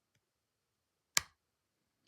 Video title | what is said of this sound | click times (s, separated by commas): Kizer Muskrat | so I'm going to just click this in here and we can listen to it click in | 1.2 s